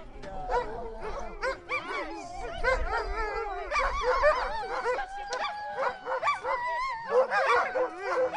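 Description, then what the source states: Dogs barking and whining over one another, a continuous jumble of yelps with some drawn-out whining tones, low rumble underneath. Several dogs barking.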